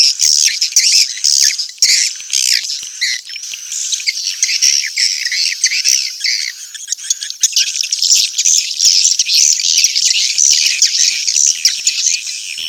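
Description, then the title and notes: Swiftlet calls: a high, buzzy twitter of overlapping chirps and trills running throughout. Swiftlet sound used for swiftlet farming in Asia. "Swiflet Bird Sound. Farming Swiflet Bird asia sound"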